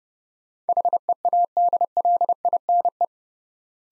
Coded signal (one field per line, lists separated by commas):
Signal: Morse code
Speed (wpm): 29 wpm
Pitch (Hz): 700 Hz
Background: none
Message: HEADLINE